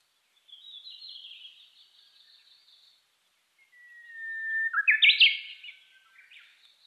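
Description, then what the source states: Japanese bush warbler singing: a thin, high warbled phrase, a pause, then a long whistle breaking into a sharp, emphatic flourish and a closing note. Recorded 3 July 2010 at 15:26.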